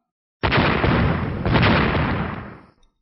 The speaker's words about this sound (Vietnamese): Tay áo mặc nhiên rung lên, nhất thời có mấy tiếng sấm xuất kỳ bất ý vang lên.